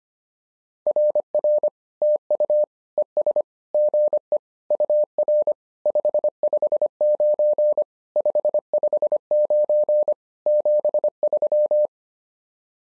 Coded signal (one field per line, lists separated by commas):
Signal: Morse code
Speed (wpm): 25 wpm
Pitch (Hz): 600 Hz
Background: none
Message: RR TU ES GE UR 559 559 73